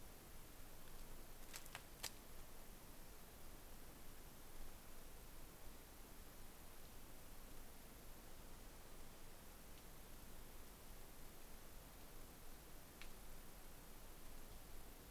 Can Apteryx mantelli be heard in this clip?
no